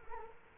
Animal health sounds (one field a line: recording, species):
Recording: mosquito wingbeat signal from an infrared sensor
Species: Culex quinquefasciatus